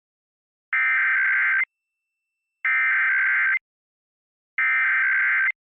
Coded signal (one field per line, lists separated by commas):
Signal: Emergency Alert System (SAME) tones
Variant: header bursts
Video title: Various Emergency Alert System (EAS) Tests - Month of 1/2022